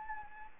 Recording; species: mosquito wingbeat signal from an infrared sensor; Anopheles arabiensis